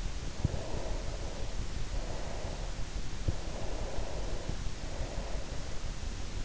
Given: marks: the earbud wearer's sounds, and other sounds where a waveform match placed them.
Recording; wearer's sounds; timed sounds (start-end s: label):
sounds in sleep by an in-ear microphone; breath
0.38-5.71 s: breath